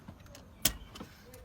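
A vehicle seat belt tongue releases from its buckle while an Avionaut Cosmo 2.0 (Smart) infant carrier car seat is being removed from a car. A single sharp, bright click at 0.7 s stands well above the quiet background, with a few faint ticks before and after it. The belt comes unlatched.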